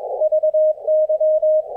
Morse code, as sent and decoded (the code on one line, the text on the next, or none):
...- -.--
VY